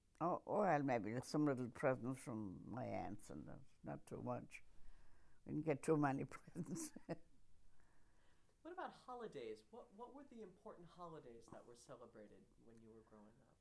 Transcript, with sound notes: Well, maybe some little presents from my aunts and — not too much. Didn't get too many presents. [chuckles]
What about holidays? What were the important holidays that were celebrated when you were growing up?